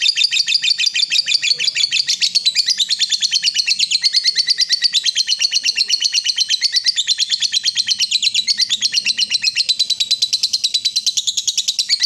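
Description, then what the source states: Yellow-vented bulbul giving a steady stream of quick, high, clipped chattering notes, continuous and unvaried from start to finish. Bird lure recording.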